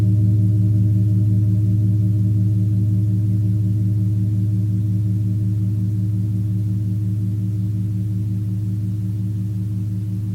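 A Tibetan singing bowl hums with a deep, sustained tone that holds steady for the whole stretch. A gentle, regular pulsing wobble runs through the ringing, and the sound fades only slightly toward the end, with no new strikes.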